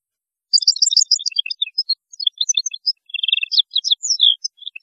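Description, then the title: European goldfinch singing a continuous, rapid, tinkling twitter of varied high chirps and trills for about four seconds, with no other sounds. "Chant Chardonneret"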